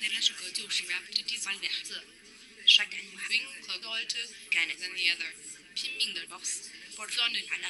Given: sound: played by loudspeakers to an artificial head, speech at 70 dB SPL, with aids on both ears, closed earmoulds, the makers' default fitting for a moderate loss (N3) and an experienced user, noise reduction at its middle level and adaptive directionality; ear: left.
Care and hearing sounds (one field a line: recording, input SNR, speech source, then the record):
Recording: speech test signal (ISTS) in cocktail-party noise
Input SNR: 0 dB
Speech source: in front (0 degrees)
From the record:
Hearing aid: class 2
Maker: J